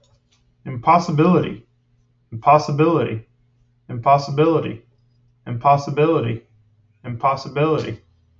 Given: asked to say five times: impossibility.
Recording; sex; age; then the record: repeated word; male; 40 to 49 years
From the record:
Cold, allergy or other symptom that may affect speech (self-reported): no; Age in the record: 41 years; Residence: Florida, United States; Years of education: 18